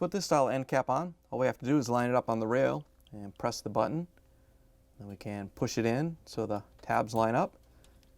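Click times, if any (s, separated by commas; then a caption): none. A plastic end cap on the upper rack rail of a Whirlpool/KitchenAid/Maytag dishwasher (upper dishrack wheel WP8270138) is lined up on the rail and pushed in with its button pressed so the tabs line up, while someone talks throughout. Faint plastic taps occur near the end, around 7.8 s and 8.0 s, but the clip ends before the button is released, and nothing has seated or locked yet.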